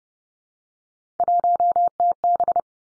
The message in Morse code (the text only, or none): 1TB